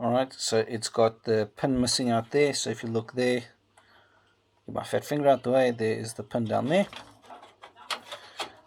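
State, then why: Seated. Someone talks while aligning a front panel audio connector, which has a missing pin for keying, with the motherboard audio header. Speech fills most of the clip, with a pause near 4 seconds, then softer handling noises. The connector is popped onto the header with a short click at 7.9 s, and it is seated.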